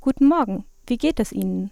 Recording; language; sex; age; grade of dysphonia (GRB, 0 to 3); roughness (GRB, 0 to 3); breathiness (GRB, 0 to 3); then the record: spoken sentence; German; female; 20 to 29 years; 1; 1; 0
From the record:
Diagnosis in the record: healthy voice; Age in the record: 22 years